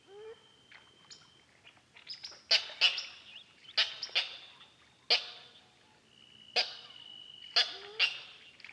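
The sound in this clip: Black-tailed nativehen calls: loud, harsh, rasping notes in uneven bursts, with a thin whistled tone at times.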